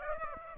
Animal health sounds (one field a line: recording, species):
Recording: mosquito wingbeat signal from an infrared sensor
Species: Aedes aegypti